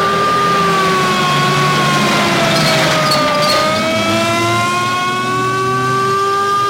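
A fire engine siren blares loudly and steadily over a rumbling engine, its sustained wail sliding lower in pitch midway before climbing again. No one speaks.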